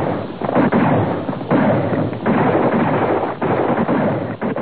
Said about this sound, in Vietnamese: Tiếng nổ rền rĩ bay ra theo đám khói ấy.